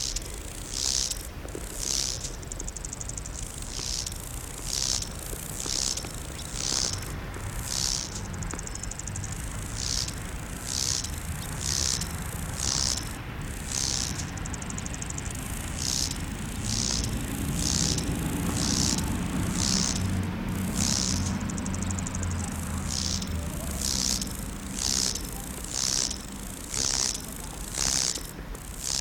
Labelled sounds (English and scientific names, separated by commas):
Lesser Marsh Grasshopper (Chorthippus albomarginatus) stridulation